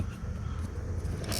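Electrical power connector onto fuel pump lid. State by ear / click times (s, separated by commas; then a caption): not seated / none. An electrical power connector on a BMW 325i (E90) is handled and slid toward the terminals on the fuel pump lid during a fuel pump assembly replacement, with a steady low rumble underneath. A brief brighter noise near 1.2 s is followed by a sharp high tick at about 1.3 s. Nothing has seated or clicked yet; the connector is not yet locked on.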